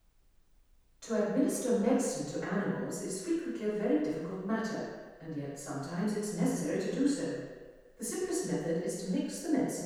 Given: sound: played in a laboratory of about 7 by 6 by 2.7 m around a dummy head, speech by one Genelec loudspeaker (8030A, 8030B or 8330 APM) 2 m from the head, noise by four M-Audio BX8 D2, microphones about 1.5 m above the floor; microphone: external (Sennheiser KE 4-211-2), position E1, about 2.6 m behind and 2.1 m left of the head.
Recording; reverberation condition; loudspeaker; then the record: female speech in English; high; 30 degrees to the left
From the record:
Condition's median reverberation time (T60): about 1300 ms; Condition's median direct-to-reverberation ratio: about -4.0 dB